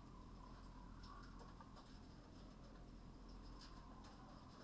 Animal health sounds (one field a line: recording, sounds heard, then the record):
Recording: poultry house recording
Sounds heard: healthy chickens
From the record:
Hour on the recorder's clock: 20